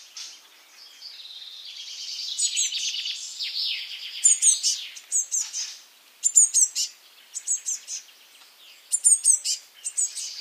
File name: Cyanistes caeruleus